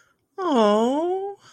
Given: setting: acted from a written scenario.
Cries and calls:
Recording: vocal sound without words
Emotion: adoration

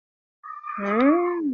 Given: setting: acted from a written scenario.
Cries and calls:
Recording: vocal sound without words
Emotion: desire

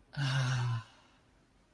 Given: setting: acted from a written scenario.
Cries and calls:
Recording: vocal sound without words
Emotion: ecstasy

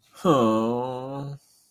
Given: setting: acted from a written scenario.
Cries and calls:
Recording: vocal sound without words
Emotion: sadness

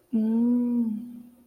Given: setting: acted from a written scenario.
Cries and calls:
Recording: vocal sound without words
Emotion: desire

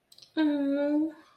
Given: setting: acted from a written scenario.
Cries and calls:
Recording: vocal sound without words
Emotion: sympathy

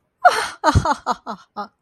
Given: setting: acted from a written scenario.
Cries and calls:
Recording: vocal sound without words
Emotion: amusement

